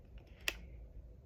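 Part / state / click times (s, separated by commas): twist-lock part into its holder / seated / 0.5 s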